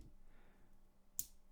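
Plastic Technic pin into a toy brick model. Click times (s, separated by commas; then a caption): 1.2 s. Plastic Technic pins are pushed into the other side of a LEGO promotional Make and Take Snow Groomer model (set 6566835, 2024); frictionless pins are used because the black ones aren't frictionless and would stand out on the tracks. Over a faint steady low hum and soft handling noise, a single sharp, crisp snap is heard at 1.2 s. The pin seats into the brick with a good solid click.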